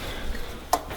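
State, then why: Seated. The water-in-fuel sensor connector on a PSA 1.6 HDi fuel filter housing is snapped back into place. A sharp click lands at 0.7 s over a quiet background, and the connector is seated.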